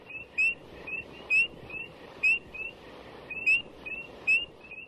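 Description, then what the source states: Spring peeper peeps, clear high upslurred whistles repeated about once a second, with fainter peeps between them. Ascending peeps once per second, heard day and night; breeding congregation in cold water in late February and early March.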